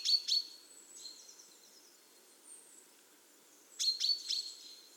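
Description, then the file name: Common chaffinch giving two bursts of sharp metallic notes, at the start and near the end, separated by faint thin whistles and quiet background. "Fringilla coelebs"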